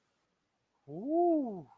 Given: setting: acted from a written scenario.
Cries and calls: vocal sound without words; awe

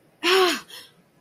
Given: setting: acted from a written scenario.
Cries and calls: vocal sound without words; pain

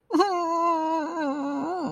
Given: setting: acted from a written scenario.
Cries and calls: vocal sound without words; sadness

